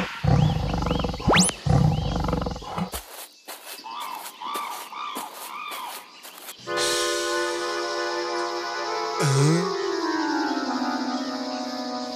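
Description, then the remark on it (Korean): A large bear in a dense forest growls loudly as it approaches: deep, rumbling roars at first, then a run of shorter pulsing snarls, ending in a long, sustained drawn-out growl with a sudden dip in pitch. “갑자기 크게 으르렁거리는 소리가 들렸어요. 커다란 곰이 그들을 향해 다가오고 있는 것이 아니겠어요?”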